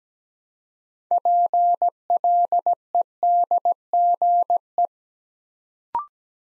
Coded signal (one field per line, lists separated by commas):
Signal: Morse code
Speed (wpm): 17 wpm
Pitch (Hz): 700 Hz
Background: none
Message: PLEDGE